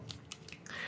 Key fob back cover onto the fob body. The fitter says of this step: push the little disc back on there and just click the back of the device back on